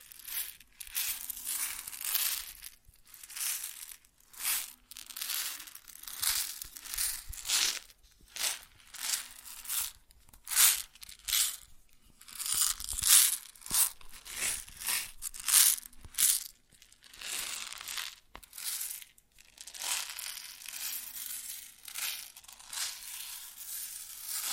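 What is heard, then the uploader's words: Grain being poured or shaken, heard as dense, gritty rustling bursts that swell and cut off irregularly, with brief silent gaps around 8, 10 and 18 seconds. The sound is bright and hissy, with a faint low hum beneath some passages. ASMR Grain Sounds (No Talking).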